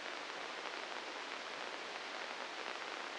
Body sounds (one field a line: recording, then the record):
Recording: brain microelectrode recording played as sound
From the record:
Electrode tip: inside the subthalamic nucleus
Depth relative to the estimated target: -1 mm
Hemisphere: right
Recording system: NeuroSet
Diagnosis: Parkinson's disease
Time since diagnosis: 9 years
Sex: female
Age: 51 years